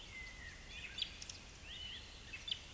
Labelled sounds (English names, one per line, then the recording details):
Eurasian Woodcock whistle
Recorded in Baden-Württemberg, Germany, on 10 May 2021 at 19:10 UTC
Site 24606, 635 m above sea level